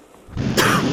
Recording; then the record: coughing mixed with background sound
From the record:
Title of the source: 31 night wet cough